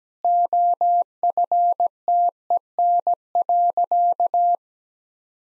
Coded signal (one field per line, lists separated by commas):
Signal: Morse code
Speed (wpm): 17 wpm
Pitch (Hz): 700 Hz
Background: none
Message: OFTEN.